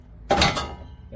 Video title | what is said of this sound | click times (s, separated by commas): LS400 - Suspension Ride Height and Brakes - Part 3 (Rear, again) | it won't come flying out. You hear a big clunk. | 0.3 s, 0.4 s